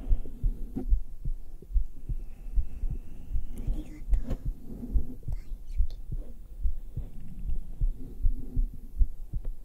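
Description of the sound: Steady, soft low heartbeat thumps at about 73 a minute, an adult's heart heard on bare skin through a black 3Dio binaural microphone pressed to the chest, for ASMR, with faint rustling and whispering in the background.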